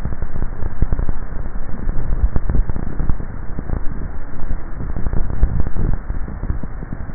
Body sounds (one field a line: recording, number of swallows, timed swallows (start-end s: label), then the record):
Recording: swallowing sounds by neck microphone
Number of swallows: 2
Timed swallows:
1.95-2.68 s: swallow
5.25-6.28 s: swallow
From the record:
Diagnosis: dysphagia